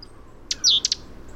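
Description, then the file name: Great tit call: one sharp chirp, then a high, downslurred note followed by two quick sharp chirps, over a low, steady background hiss. "Parus major"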